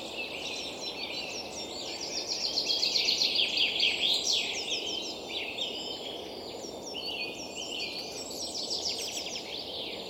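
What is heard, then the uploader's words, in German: Birds sing in a forest near Regensburg in the morning, many voices overlapping in a dense, continuous chorus of bright trills and chirps. One bird sings loudest around the second to fifth seconds with rapid repeated notes. A steady low rustling murmur runs underneath throughout. Morgenrituale im Wald: Es brummt und summt, es raschelt und tiriliert. Nachtklänge, Morgenstimmung und Frühlingserwachen in einem Wald hinter Regensburg.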